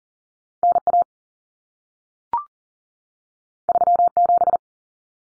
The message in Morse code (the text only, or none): NA 37